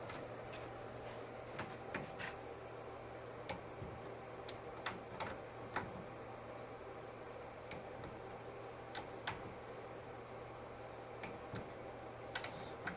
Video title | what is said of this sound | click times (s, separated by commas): 2010-2015 Prius Hybrid Battery Disassembly and reassembly | until this wrench makes a clicking noise or you feel it pop like that. | 1.9 s, 4.9 s, 5.8 s, 9.3 s, 12.3 s, 12.9 s